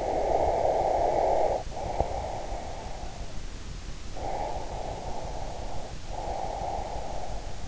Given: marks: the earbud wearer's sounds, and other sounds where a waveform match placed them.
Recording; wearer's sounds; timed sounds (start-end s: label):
sounds in sleep by an in-ear microphone; breath
0.00-3.29 s: breath
4.16-7.65 s: breath